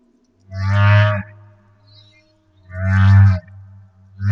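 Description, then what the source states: Humpback whale song with deep low moans, each under a second long, repeated roughly every two seconds and carrying a harsh, buzzy upper layer. Madagascar.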